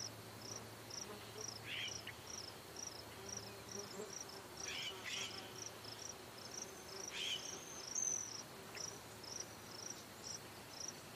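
Cicada song: high pulsing notes repeated roughly every half second, with a few brief louder rustling bursts and a faint low hum beneath.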